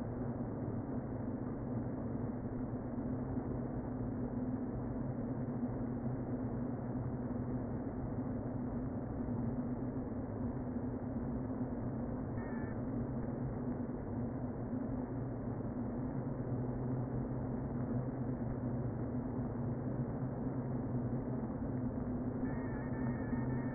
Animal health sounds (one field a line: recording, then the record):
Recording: honeybee colony, microphone inside the hive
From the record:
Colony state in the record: queen present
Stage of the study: before two queens were removed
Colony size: about 60,000 bees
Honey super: yes